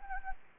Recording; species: mosquito wingbeat signal from an infrared sensor; Anopheles gambiae